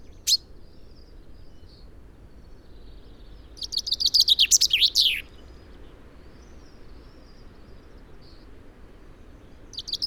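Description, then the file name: Common chaffinch singing one descending trill with a terminal flourish, preceded by a short sharp note, over steady low background noise. "Fringilla coelebs"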